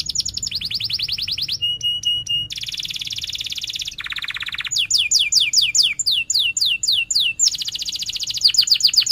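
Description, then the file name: Canary song: varied tours of rapid trills, a pulsed mechanical-sounding phrase, a low rolling section, then loud downward-sweeping whistled notes and more fast trills. Canary in strong continuous singing (gacor), with cuit-cuit chirps and a sharp rolling (ngerol tajam) song style. "Suara Kenari Gacor Cuit Cuit Ngerol Tajam"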